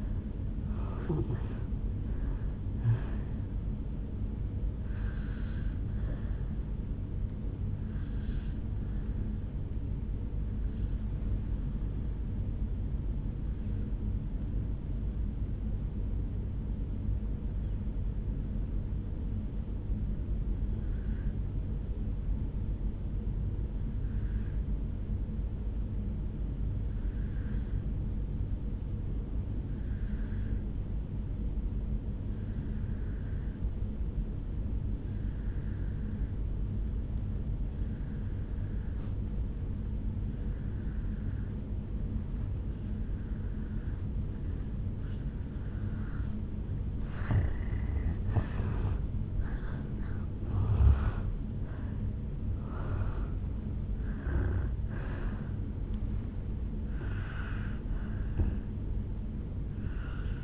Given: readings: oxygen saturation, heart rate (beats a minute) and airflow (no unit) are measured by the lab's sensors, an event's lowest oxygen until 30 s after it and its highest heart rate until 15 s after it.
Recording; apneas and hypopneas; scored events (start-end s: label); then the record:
breathing in sleep by a smartphone at the bedside; 1
7.00-60.44 s: new sleep stage, N1 (lightest sleep)
11.00-47.50 s: obstructive apnea (N1, oxygen 97% highest, then 83% lowest, heart rate 56 at the start, 77 highest)
From the record:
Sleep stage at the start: N2 (light sleep); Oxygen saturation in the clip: 80 to 97%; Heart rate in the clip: 55 to 77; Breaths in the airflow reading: 7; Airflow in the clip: -11.8 to 10.1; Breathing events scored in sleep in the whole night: 449 in 7.0 hours asleep